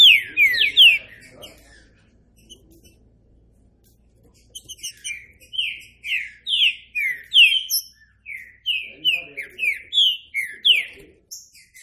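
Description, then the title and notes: Green-winged saltator song: a brief whistled burst, a quiet gap, then a long run of clear slurred whistles in quick succession. Classic song style (canto clássico) of the Green-winged saltator, presented as a training recording. "Canto Clássico Trinca Ferro TREINAMENTO. trinca fero"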